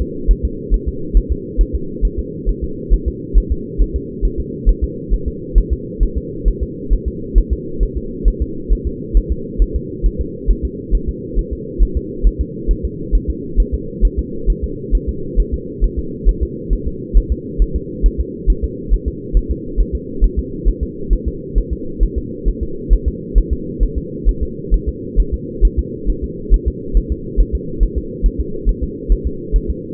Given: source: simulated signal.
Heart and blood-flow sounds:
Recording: fetal heart sounds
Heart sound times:
0.02 s: S2
0.31 s: S1
0.45 s: S2
0.74 s: S1
0.88 s: S2
1.17 s: S1
1.32 s: S2
1.61 s: S1
1.75 s: S2
2.05 s: S1
2.19 s: S2
2.49 s: S1
2.64 s: S2
2.94 s: S1
3.08 s: S2
3.38 s: S1
3.52 s: S2
3.81 s: S1
3.96 s: S2
4.25 s: S1
4.40 s: S2
4.69 s: S1
4.84 s: S2
5.13 s: S1
5.28 s: S2
5.58 s: S1
5.73 s: S2
6.03 s: S1
6.18 s: S2
6.48 s: S1
6.63 s: S2
6.93 s: S1
7.08 s: S2
7.38 s: S1
7.53 s: S2
7.83 s: S1
7.97 s: S2
8.28 s: S1
8.42 s: S2
8.73 s: S1
8.87 s: S2
9.17 s: S1
9.32 s: S2
9.62 s: S1
9.76 s: S2
10.06 s: S1
10.21 s: S2
10.51 s: S1
10.65 s: S2
10.95 s: S1
11.09 s: S2
11.39 s: S1
11.53 s: S2
11.83 s: S1
11.97 s: S2
12.27 s: S1
12.41 s: S2
12.71 s: S1
12.85 s: S2
13.15 s: S1
13.30 s: S2
13.60 s: S1
13.74 s: S2
14.05 s: S1
14.19 s: S2
14.50 s: S1
14.64 s: S2
14.95 s: S1
15.09 s: S2
15.40 s: S1
15.54 s: S2
15.84 s: S1
15.99 s: S2
16.29 s: S1
16.43 s: S2
16.73 s: S1
16.88 s: S2
17.17 s: S1
17.32 s: S2
17.62 s: S1
17.76 s: S2
18.06 s: S1
18.20 s: S2
18.50 s: S1
18.64 s: S2
18.94 s: S1
19.08 s: S2
19.37 s: S1
19.51 s: S2
19.80 s: S1
19.95 s: S2
20.24 s: S1
20.39 s: S2
20.69 s: S1
20.83 s: S2
21.13 s: S1
21.28 s: S2
21.58 s: S1
21.73 s: S2
22.03 s: S1
22.18 s: S2
22.48 s: S1
22.63 s: S2
22.93 s: S1
23.08 s: S2
23.38 s: S1
23.53 s: S2
23.83 s: S1
23.98 s: S2
24.29 s: S1
24.43 s: S2
24.74 s: S1
24.88 s: S2
25.20 s: S1
25.34 s: S2
25.65 s: S1
25.79 s: S2
26.10 s: S1
26.24 s: S2
26.54 s: S1
26.68 s: S2
26.97 s: S1
27.12 s: S2
27.40 s: S1
27.55 s: S2
27.83 s: S1
27.98 s: S2
28.26 s: S1
28.41 s: S2
28.69 s: S1
28.83 s: S2
29.12 s: S1
29.27 s: S2
29.56 s: S1
29.70 s: S2
From the record:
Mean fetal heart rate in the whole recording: 135 bpm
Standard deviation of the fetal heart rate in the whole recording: 3 bpm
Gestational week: 36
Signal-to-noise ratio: -4.3 dB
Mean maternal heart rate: 72 bpm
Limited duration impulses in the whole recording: absent

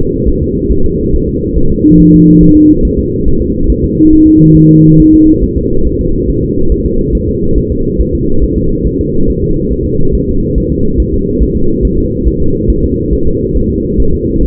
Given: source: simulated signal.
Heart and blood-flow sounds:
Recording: fetal heart sounds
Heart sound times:
0.28 s: S1
0.42 s: S2
0.71 s: S1
0.86 s: S2
1.15 s: S1
1.29 s: S2
1.58 s: S1
1.72 s: S2
2.00 s: S1
2.14 s: S2
2.43 s: S1
2.57 s: S2
2.85 s: S1
2.99 s: S2
3.27 s: S1
3.41 s: S2
3.70 s: S1
3.84 s: S2
4.13 s: S1
4.27 s: S2
4.57 s: S1
4.71 s: S2
5.00 s: S1
5.14 s: S2
5.44 s: S1
5.58 s: S2
5.87 s: S1
6.01 s: S2
6.29 s: S1
6.44 s: S2
6.72 s: S1
6.86 s: S2
7.15 s: S1
7.29 s: S2
7.58 s: S1
7.72 s: S2
8.01 s: S1
8.15 s: S2
8.44 s: S1
8.58 s: S2
8.87 s: S1
9.01 s: S2
9.30 s: S1
9.44 s: S2
9.73 s: S1
9.87 s: S2
10.15 s: S1
10.29 s: S2
10.58 s: S1
10.72 s: S2
11.00 s: S1
11.14 s: S2
11.43 s: S1
11.57 s: S2
11.85 s: S1
11.99 s: S2
12.27 s: S1
12.42 s: S2
12.70 s: S1
12.84 s: S2
13.13 s: S1
13.27 s: S2
13.57 s: S1
13.71 s: S2
14.00 s: S1
14.14 s: S2
14.43 s: S1
From the record:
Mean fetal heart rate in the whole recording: 140 bpm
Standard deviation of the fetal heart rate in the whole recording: 2 bpm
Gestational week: 34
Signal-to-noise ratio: -17.7 dB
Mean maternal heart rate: 72 bpm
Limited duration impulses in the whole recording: present

